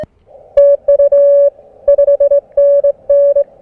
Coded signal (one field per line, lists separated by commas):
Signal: Morse code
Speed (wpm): 21 wpm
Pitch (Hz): 570 Hz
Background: none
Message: TU 5NN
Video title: POTA QRP: Let's pair the Venus SW-3B and "Oreo" 30M Balun/End-Fed Half-Wave!